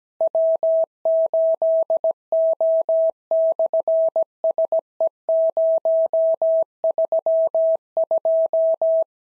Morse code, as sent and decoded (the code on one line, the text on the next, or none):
.-- ---.. --- -..-. ... . ----- ...-- ..---
W8O/SE032